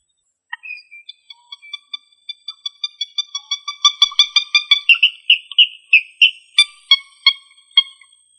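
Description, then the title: Rail calling a rapid series of squeaky, harmonic notes that speed up and grow louder, then break into slower, harsher squeals, no other sounds. "Familia Rallidae"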